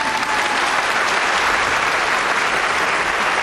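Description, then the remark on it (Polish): Sustained audience applause at a Polish Radio concert, the first of a series in the year of its 95th anniversary, fills the whole stretch, a dense, even wash of many hands clapping at steady loudness with no individual claps standing out and no voices on top. “Proszę Państwa, a skoro tak, tak, brawa.”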